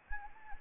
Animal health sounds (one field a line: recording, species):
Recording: mosquito wingbeat signal from an infrared sensor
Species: Anopheles arabiensis